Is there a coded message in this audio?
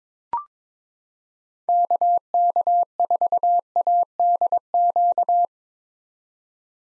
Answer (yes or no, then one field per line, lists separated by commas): yes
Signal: Morse code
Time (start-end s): 1.7-5.5 s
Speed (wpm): 22 wpm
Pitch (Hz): 700 Hz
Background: none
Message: KK4ADQ